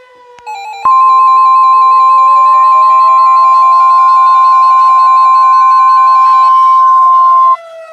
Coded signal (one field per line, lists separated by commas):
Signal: Emergency Alert System (SAME) tones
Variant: 1050 Hz attention tone